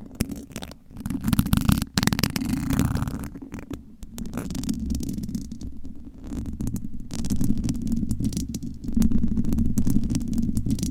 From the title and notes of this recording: ASMR Mic Scratching Brain Scratching with 50 DIFFERENT MICSCovers & Nails No Talking.